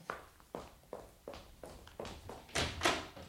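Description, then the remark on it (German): Steady footsteps, about six evenly paced treads, are followed by a louder, rougher burst of noise as a door is opened early in the morning. No one speaks. “Aber das soll Sie nicht abhalten, Georgette, die Tür aufzumachen.”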